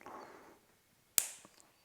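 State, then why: Seated. A new windscreen wiper blade and its mounting clip are pushed onto the wiper arm of a Mitsubishi Lancer CE; the clip supplied with the blade was the wrong size, so it was swapped for the right one. Soft handling rustle fades into quiet, then one sharp, loud click at 1.2 s as the clip snaps home, followed by a brief ringing tail and a couple of faint taps. The blade is seated on the arm.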